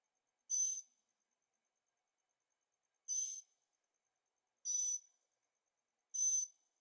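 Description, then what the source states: Bird calls: four short, harsh, noisy bursts with a thin high whistle inside, spaced about one and a half to two and a half seconds apart, in silence. At night in Carefree, Arizona; birds singing; recorded with Zoom H6 and stereo microphones.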